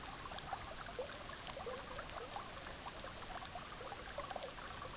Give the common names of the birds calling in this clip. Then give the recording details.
none. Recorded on Arctic tundra, site EABA-MC, on 18 June 2019. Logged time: 06:00